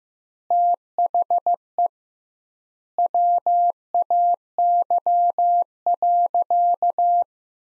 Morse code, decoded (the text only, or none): THE WAY.